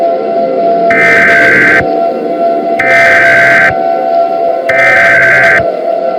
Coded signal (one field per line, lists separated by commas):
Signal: Emergency Alert System (SAME) tones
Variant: header bursts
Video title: EAS Scenario: The Roblox Slender Outbreak (Labor Day Special)